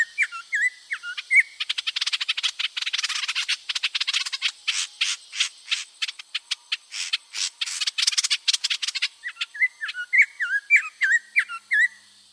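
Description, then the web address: Dusky-faced tanager calls: short whistled notes that bend up and down, then a long run of dense, rapid chattering notes, then more whistled notes at the end. Recorded in South America. "Natures Songs S America Dusky-Faced Tanager"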